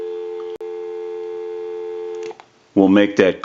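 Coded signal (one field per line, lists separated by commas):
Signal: telephone call progress tone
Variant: North America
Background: speech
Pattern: dial tone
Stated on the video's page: Tone from a Mickey Mouse telephone during initial checkout and repair.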